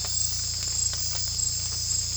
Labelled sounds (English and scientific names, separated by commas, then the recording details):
none
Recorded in secondary vegetation near Puerto Asís, Putumayo, Colombia, on 18 December 2024 at 01:30
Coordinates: 0.484, -76.319
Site GP06